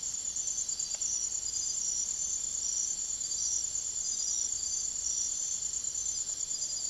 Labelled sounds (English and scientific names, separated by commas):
none